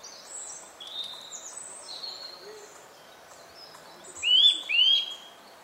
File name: Sitta europaea